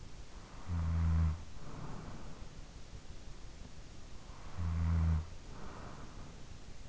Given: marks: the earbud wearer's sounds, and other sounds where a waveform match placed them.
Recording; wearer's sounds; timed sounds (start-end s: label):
sounds in sleep by an in-ear microphone; snoring breath
0.31-2.68 s: snoring breath
4.17-6.89 s: snoring breath